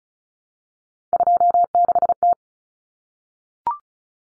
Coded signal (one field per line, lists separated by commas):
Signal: Morse code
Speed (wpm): 34 wpm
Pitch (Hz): 700 Hz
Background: none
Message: 26T